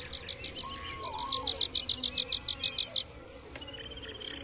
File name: Świergotek łąkowy